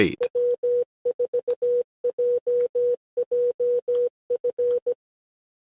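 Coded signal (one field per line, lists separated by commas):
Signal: Morse code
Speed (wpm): 17 wpm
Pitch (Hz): 490 Hz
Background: none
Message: W4JJF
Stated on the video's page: Simulated CW park activation practice.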